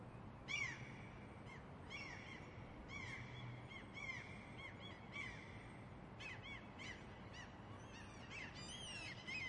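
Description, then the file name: Gulls calling, harsh mewing and squealing cries repeated throughout, over a steady low background rumble. "seagulls"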